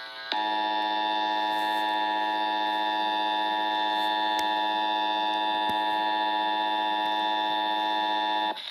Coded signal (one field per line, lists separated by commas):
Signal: Emergency Alert System (SAME) tones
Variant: 853 and 960 Hz attention tone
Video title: EAS (DO NOT LOOK UP) intrrupts Touhou MMD